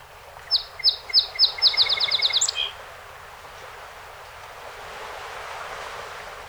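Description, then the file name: Song sparrow song of several sharp notes speeding into a fast trill, then a few seconds of quiet. One of 48 songs recorded on 7 June 2018. "2018-06-07 Song Sp 48 Songs"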